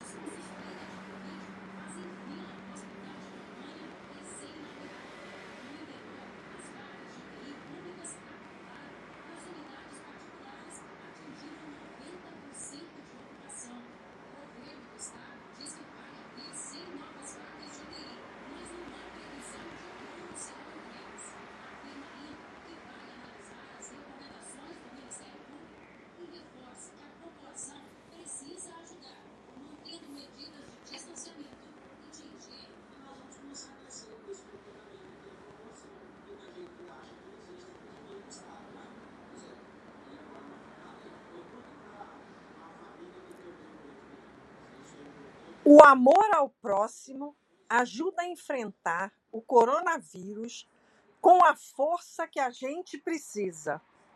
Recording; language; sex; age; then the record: spoken sentence; Brazilian Portuguese; female; 60 to 69 years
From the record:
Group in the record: control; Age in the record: 66 years